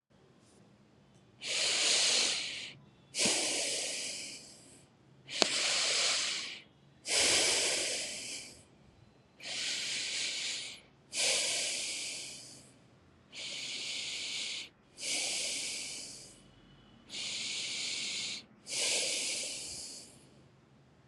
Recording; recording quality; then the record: deep breathing; excellent, no background noise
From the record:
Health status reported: COVID-19 positive, mild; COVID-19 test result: positive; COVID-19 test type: RT-PCR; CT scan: not taken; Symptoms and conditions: cough, cold, fever, muscle pain, diarrhoea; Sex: female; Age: 28 years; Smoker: no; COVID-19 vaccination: both doses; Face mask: not worn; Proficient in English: yes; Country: India